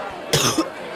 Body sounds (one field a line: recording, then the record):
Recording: coughing mixed with background sound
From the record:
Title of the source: Wet coughing